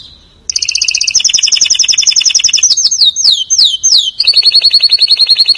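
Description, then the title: Canary delivering loud, very fast trills in two pitches, a run of looping swooping notes, then another steady high rolling trill to the end. "Kenari"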